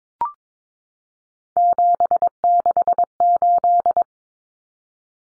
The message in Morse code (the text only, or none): 768